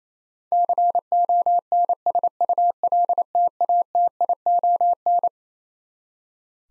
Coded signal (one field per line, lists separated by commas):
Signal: Morse code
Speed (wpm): 27 wpm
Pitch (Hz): 700 Hz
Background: none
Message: CONSULTATION